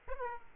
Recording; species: mosquito wingbeat signal from an infrared sensor; Aedes aegypti